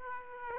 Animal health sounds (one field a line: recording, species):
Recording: mosquito wingbeat signal from an infrared sensor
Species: Aedes aegypti